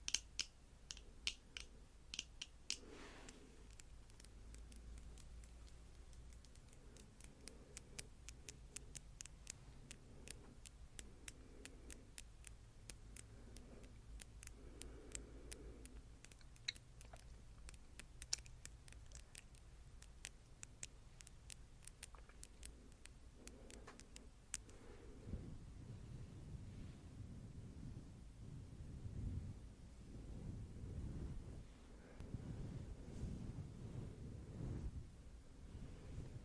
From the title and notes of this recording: ASMR Nail Tapping & Fluffy Mic Brushing.